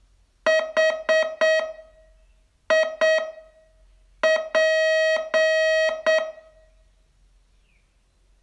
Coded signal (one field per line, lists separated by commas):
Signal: Morse code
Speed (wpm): 8 wpm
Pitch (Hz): 640 Hz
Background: music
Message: HIP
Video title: Learn Morse in 42 Days from VU2LAU - day 27 tse